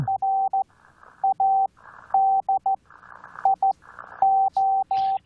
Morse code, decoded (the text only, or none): RADIO